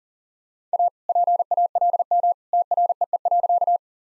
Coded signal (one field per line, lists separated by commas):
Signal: Morse code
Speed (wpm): 40 wpm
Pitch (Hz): 700 Hz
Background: none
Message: A PALM TREE.